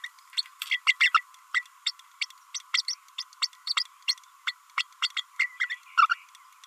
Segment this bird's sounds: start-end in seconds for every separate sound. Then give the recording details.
0.04-0.11, 0.71-0.80, 0.86-0.93, 1.00-1.12, 1.14-1.23, 1.54-1.63, 1.86-1.91, 2.21-2.25, 2.54-2.59, 2.73-2.82, 2.88-2.94, 3.18-3.23, 3.42-3.47, 4.46-4.52, 4.77-4.83, 5.16-5.23, 5.39-5.47, 5.59-5.69, 5.97-6.07. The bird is a female. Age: 30 days. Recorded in a nest box in Venezuela. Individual 17B32A5